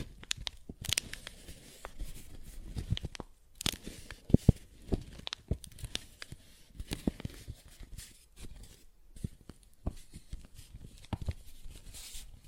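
Paper bag being tapped and scratched, with irregular crinkly bursts and short sharp taps scattered throughout. Rustling comes in uneven clusters with brief quiet gaps, a few louder hits around four to five seconds, and a soft low rumble underneath.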